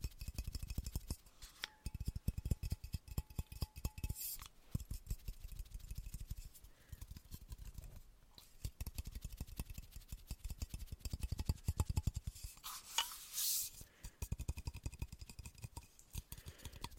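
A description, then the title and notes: Rapid fingertip tapping in dense bursts with brief pauses, plus occasional bright clinks and scratchy hiss around 4 and 13 seconds. ASMR INTENSE TAPPING.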